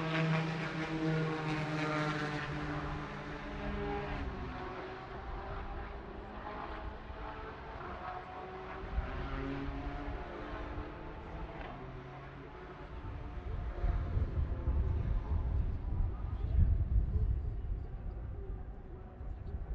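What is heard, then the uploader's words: Racing sound with a steady engine drone and stacked tonal lines that slide in pitch as the motor revs. Around twelve seconds the tone breaks up into a rougher, louder low rumble that grows toward the end, with faint voices underneath. Sounds of Rolex 24 At Daytona Qualifying. It's an ambient racing audio feature captured during qualifying for January's Rolex 24 At Daytona where IMSA's GT Daytona, GT Le Mans, and DPi/LMP2 classes hit the track for individual sessions. The amazing sounds produced by the exotic models in IMSA's WeatherTech SportsCar Championship.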